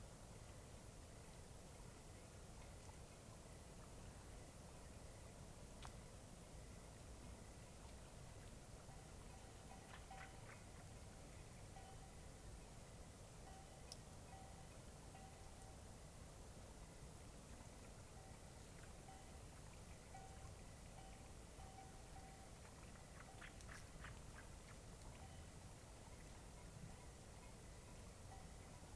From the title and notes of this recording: This was recorded on a cloudy night beside Taylor Lake in the Russian Wilderness, Klamath National Forest, Siskiyou County, California. The recording starts at around midnight and continues until sunrise. The night was fairly calm with a faint breeze blowing through the treetops. Midnight Till Morning Beside Taylor Lake.